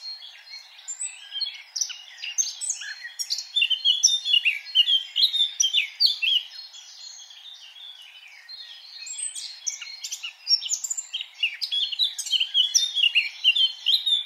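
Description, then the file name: Eurasian blackcap song, long bouts of rapid, varied warbling with scratchy and clearer notes, briefly quieter in the middle before resuming. "Sylvia atricapilla"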